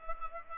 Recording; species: mosquito wingbeat signal from an infrared sensor; Culex pipiens